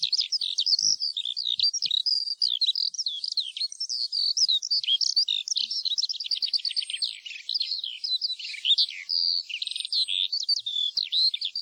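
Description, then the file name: Eurasian skylark singing a sustained, rapid outpouring of chirps, rolling trills and buzzy phrases, high and unbroken throughout. "ALLODOLA"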